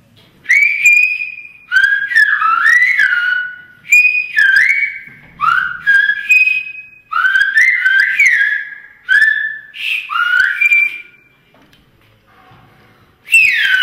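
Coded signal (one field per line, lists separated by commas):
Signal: whistled language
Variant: Silbo Gomero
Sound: loud, clear whistled phrases with rising and falling pitch glides, about eight bursts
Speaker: students practice it All the way through high school and after 10 years prove a firm grasp of the Language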